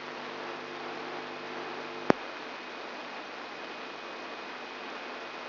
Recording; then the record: brain microelectrode recording played as sound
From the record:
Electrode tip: inside the subthalamic nucleus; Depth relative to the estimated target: 0 mm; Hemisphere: left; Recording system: AlphaMap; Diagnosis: Parkinson's disease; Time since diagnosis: 14 years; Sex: female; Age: 63 years